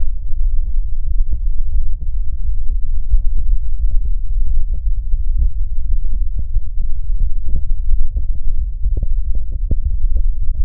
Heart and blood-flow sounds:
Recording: heart sounds by stethoscope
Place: pulmonary valve (PV)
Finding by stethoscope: normal heart sounds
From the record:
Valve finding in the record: normal valve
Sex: male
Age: 60 years

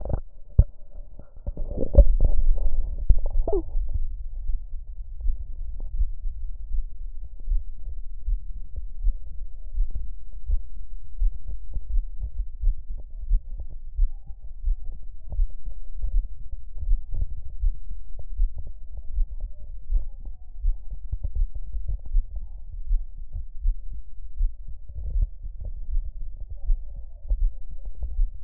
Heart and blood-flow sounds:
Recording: heart sounds by stethoscope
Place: aortic valve (AV)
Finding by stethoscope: normal heart sounds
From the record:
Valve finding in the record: normal valve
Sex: female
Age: 54 years

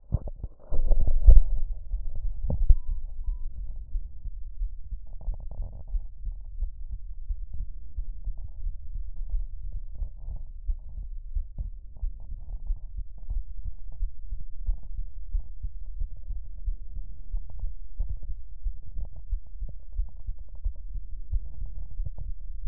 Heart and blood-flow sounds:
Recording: heart sounds by stethoscope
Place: pulmonary valve (PV)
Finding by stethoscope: normal heart sounds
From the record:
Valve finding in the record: normal valve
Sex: male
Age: 63 years

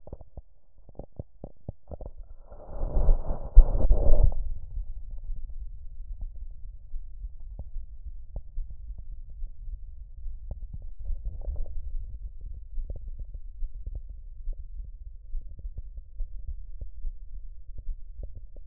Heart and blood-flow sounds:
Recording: heart sounds by stethoscope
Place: mitral valve (MV)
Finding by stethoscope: normal heart sounds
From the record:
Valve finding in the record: normal valve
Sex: male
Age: 47 years

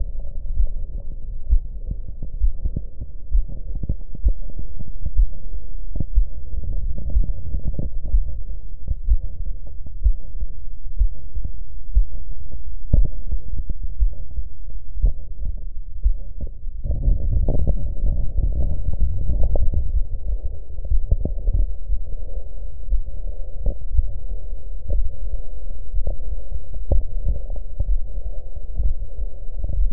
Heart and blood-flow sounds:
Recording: heart sounds by stethoscope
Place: tricuspid valve (TV)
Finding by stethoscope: sound of aortic valve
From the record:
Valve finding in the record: tricuspid regurgitation, grade 3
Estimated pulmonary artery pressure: 60 mmHg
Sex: female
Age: 60 years

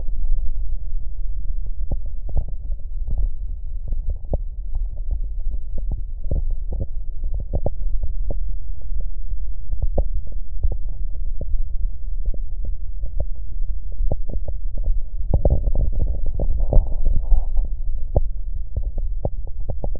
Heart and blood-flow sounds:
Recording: heart sounds by stethoscope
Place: mitral valve (MV)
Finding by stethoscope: normal heart sounds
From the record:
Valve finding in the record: mitral regurgitation, grade 1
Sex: male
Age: 62 years

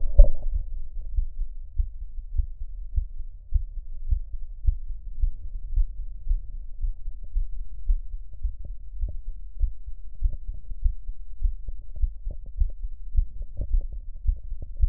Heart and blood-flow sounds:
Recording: heart sounds by stethoscope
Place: mitral valve (MV)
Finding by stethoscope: normal heart sounds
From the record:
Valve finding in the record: normal valve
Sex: male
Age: 42 years

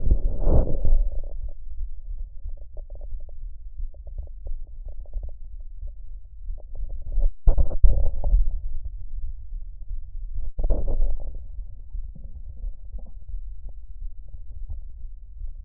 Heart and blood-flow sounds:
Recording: heart sounds by stethoscope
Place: tricuspid valve (TV)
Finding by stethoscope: normal heart sounds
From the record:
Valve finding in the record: tricuspid regurgitation, grade 2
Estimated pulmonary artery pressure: 40 mmHg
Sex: male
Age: 75 years

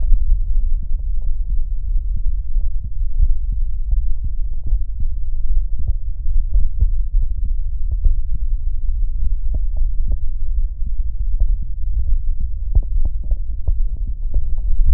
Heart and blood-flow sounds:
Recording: heart sounds by stethoscope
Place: aortic valve (AV)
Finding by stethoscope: normal heart sounds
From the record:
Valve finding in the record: normal valve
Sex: male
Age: 52 years

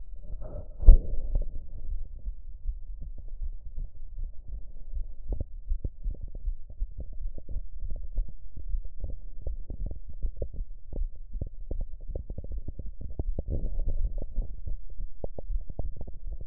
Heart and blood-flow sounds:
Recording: heart sounds by stethoscope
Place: pulmonary valve (PV)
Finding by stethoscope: normal heart sounds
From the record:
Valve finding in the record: normal valve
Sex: female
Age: 57 years

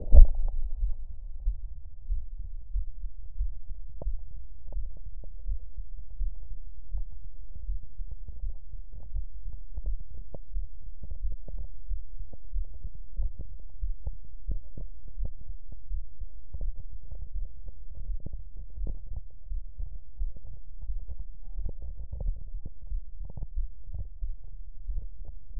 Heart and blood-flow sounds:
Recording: heart sounds by stethoscope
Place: mitral valve (MV)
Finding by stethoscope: normal heart sounds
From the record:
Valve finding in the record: mitral regurgitation, grade 0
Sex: male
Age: 43 years

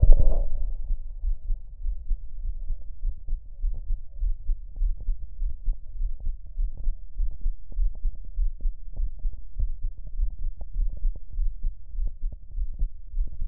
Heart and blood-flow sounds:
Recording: heart sounds by stethoscope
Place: pulmonary valve (PV)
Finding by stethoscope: normal heart sounds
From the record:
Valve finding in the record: normal valve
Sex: male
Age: 49 years

